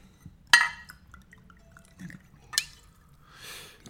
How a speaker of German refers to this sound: würdest du bitte den Wein nachschenken? Ja, natürlich.